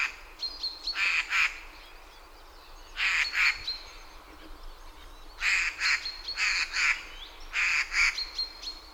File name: Garrulus glandarius